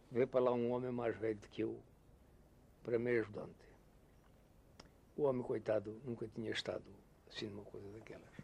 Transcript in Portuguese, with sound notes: veio para lá um homem mais velho de do que eu [pausa] para meu ajudante. O homem coitado nunca tinha estado assim numa coisa daquelas.